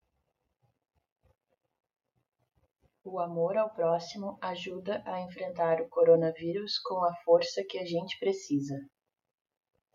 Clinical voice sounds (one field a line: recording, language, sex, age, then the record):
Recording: spoken sentence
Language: Brazilian Portuguese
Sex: female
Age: 30 to 39 years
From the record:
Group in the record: control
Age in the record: 31 years